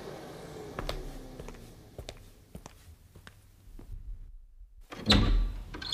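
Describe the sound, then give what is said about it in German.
A doorbell rings and a door is handled and opened: scattered sharp clicks and rattles over a low rumble, then a brief pause before a louder clunk and scrape near the end. No voices. “Wer klingelt denn da?”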